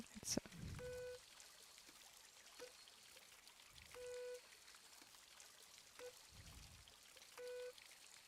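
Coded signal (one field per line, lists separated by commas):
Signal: none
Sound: water splashing game sounds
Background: speech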